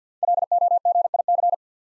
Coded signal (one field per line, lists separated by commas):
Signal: Morse code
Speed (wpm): 47 wpm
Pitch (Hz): 700 Hz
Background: none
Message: LOGIC